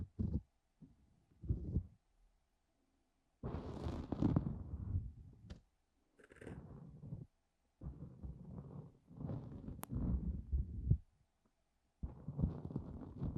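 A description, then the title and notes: Ear cleaning sounds come in rubbing, scraping bursts with dead silence between them. Short strokes open the clip, then longer scratchy passages around four, six to seven, eight to eleven and twelve seconds onward, deep and muffled, with occasional sharper bright flicks. ASMR DEEP Ear Cleaning No talking 시원한 모래 귀청소.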